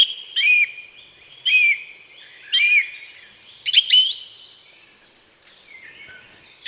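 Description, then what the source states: Song Thrush singing: a clear, whistled phrase given three times in a row, then varied higher and lower notes, each phrase separated by a short pause. Singing, heard during a conversation; one of ten species on Rotterdam's city biodiversity list.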